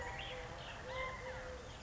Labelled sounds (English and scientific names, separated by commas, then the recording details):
Eurasian Collared Dove (Streptopelia decaocto)
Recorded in Sonoma County, California